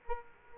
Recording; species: mosquito wingbeat signal from an infrared sensor; Aedes aegypti